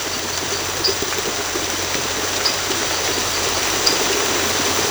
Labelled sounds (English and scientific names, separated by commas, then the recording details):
none
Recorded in secondary vegetation near Puerto Asís, Putumayo, Colombia, on 19 March 2025 at 23:00
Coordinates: 0.468, -76.324
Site G059